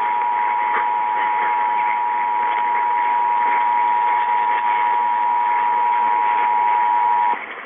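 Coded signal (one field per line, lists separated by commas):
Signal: Emergency Alert System (SAME) tones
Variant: 853 and 960 Hz attention tone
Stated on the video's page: Required Monthly Tests from Tennessee, New York City, Richmond and Ohio, recorded in the early hours.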